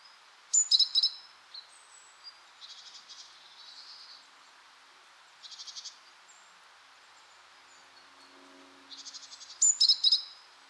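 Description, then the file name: Great tit calling: short bursts of high notes near the start and end, with softer raspy notes between, over a steady background hiss. "Parus major"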